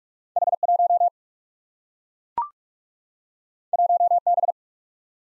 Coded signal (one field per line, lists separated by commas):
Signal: Morse code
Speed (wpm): 44 wpm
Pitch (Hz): 700 Hz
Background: none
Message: H1 1B